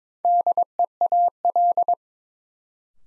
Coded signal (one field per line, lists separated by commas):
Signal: Morse code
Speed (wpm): 22 wpm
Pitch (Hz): 700 Hz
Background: none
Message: DEAL